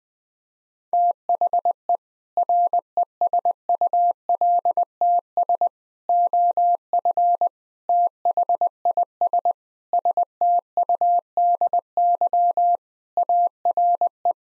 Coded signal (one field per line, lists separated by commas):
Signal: Morse code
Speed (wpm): 21 wpm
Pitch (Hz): 700 Hz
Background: none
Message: THE RESULTS OF THIS STUDY ARE